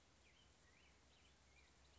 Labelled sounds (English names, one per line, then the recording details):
Black-headed Grosbeak
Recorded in Sonoma County, California